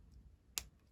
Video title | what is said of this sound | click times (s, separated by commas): Magic Square MS B31 Detective review! (Legends scale G1 Hound) | and then we can push that back in to lock into place there | 0.6 s